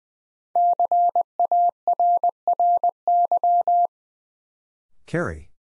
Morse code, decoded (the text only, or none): CARRY